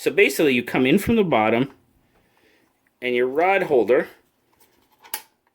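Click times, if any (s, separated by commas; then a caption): 5.1 s. Someone talks while bringing the abrasive rod holder up from the bottom of a Work Sharp Precision Adjust knife sharpener and into its mount on the base. After a pause, a single sharp snap at 5.1 seconds marks the rod holder seating firmly into place.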